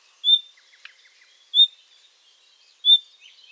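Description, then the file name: Common nightingale song: short, bright whistled notes repeated about every 1.3 seconds, with faint softer chirps between them. "Luscinia megarhynchos"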